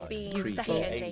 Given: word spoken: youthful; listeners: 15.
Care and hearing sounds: one English word in noise, from a listening test; four-talker babble; -2.1 dB; 0 of 15; 6 of 15; 0.72 s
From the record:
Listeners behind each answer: 6, 3, 1, 1, 1, 1, 1, 1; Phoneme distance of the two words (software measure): 51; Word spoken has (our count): 2 syllables, 6 phonemes, stress on syllable 1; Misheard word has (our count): 1 syllable, 3 phonemes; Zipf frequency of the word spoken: 3.30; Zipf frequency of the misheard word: 4.06

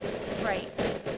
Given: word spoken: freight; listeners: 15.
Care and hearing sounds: one English word in noise, from a listening test; noise modulated by three-talker babble; -3.9 dB; 1 of 15; 6 of 15; 0.78 s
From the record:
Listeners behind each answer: 6, 3, 2, 2, 1, 1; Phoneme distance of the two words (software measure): 10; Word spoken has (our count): 1 syllable, 4 phonemes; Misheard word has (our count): 1 syllable, 4 phonemes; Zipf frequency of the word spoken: 3.37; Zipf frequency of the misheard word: 6.00

